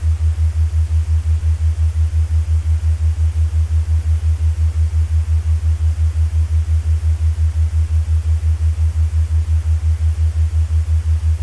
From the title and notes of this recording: Pink Noise and Binaural Beats Rejuvenation. This unique Binaural Beats track is blended with the soothing sounds of pink noise.